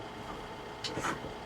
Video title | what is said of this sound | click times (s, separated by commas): Using The Creeper Gear In My TYM T654 | see when you go up the first time there's a like a middle click and then that's not in gear | 0.9 s